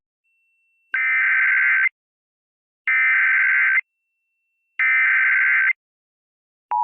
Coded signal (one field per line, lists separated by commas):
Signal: Emergency Alert System (SAME) tones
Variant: header bursts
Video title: BP Assault (EAS Scenario)